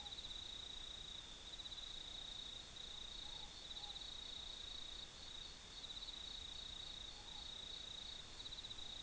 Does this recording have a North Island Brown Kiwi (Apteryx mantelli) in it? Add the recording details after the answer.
no. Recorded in New Zealand